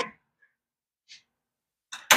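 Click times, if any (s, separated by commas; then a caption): 2.1 s. A torque wrench tightens bolts on the front brake assembly of a 2006 Chevrolet Colorado in a crisscross pattern during a front pads and rotors installation. A brief broadband burst opens the clip, then a faint tick near 0.4 s and a short hiss near 1.1 s, and rising rattly noise from about 1.9 s. It ends in a sharp, loud click at 2.1 s as the wrench reaches its setting.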